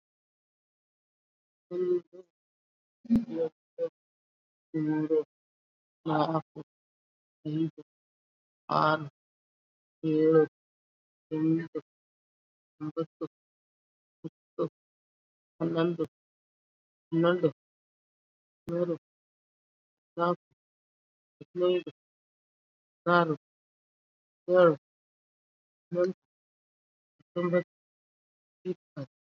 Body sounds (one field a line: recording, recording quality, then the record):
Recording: counting at a normal pace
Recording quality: moderate, slight background noise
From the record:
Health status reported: COVID-19 positive, moderate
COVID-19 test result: positive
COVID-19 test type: RT-PCR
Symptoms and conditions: cough, cold, breathing difficulty, fever, fatigue, muscle pain, loss of smell and taste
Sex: female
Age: 57 years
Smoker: no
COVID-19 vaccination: both doses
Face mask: not worn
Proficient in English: no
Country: India